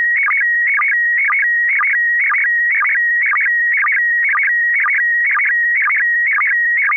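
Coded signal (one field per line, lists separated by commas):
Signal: SSTV (slow-scan television)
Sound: a steady whistling tone broken by warbling chirps with low blips, about twice a second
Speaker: uh does anybody else have a picture that they want to send or shall I send a picture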